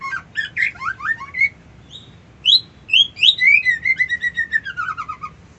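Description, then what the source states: White-eye song: rapid varied twittering, then a long warbling run that slides steadily downward. Song delivered in the style called ngerol ngalas.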